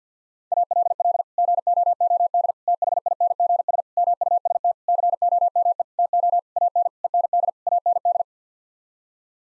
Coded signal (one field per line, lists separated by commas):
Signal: Morse code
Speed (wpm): 48 wpm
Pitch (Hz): 700 Hz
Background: none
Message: ALL GOOD THINGS MUST COME TO AN END AND